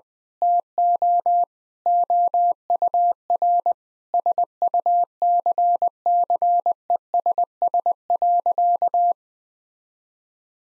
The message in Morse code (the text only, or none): TO OUR SUCCESS.